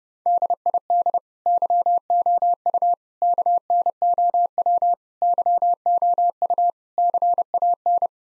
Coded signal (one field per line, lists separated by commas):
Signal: Morse code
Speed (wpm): 30 wpm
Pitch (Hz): 700 Hz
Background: none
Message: DID YOU KNOW YOU CAN